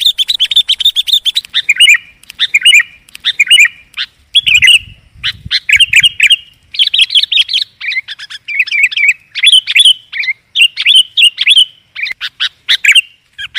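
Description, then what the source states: Lovebird chatter, a continuous stream of shrill, squeaky chirps and buzzy twitters, rapid and irregular, with a brief low thumping in the middle. Lure sound used for trapping lovebirds.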